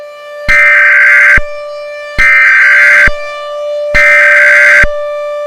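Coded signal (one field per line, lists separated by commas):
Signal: Emergency Alert System (SAME) tones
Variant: header bursts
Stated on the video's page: Fictional simulated EAS scenario.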